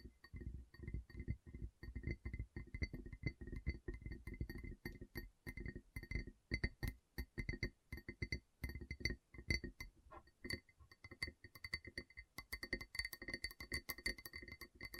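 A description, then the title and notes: Gentle tapping in quick, uneven bursts, soft low thuds mixed with bright glassy clinks and ringing tones, growing lighter and more scattered near the end. ASMR Gentle Tapping You Will Fall Asleep To (No Talking).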